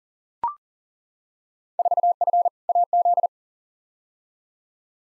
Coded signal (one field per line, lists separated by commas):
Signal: Morse code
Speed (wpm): 40 wpm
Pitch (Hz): 700 Hz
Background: none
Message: 4F AZ